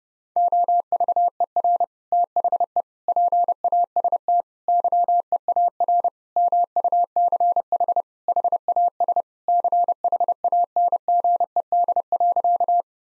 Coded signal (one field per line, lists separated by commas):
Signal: Morse code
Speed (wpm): 30 wpm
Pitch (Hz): 700 Hz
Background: none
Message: OVER THE PAST YEAR MUCH HAS CHANGED.